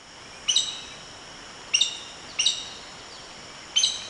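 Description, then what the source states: Black-bellied sandgrouse calling: four rich, stacked bubbling notes spaced unevenly, each fading out quickly, with constant background hiss. Recorded 24 May 2011.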